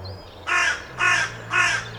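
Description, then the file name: Carrion crow with three harsh, grating caws spaced about half a second apart over faint background hum. "Corvus corone"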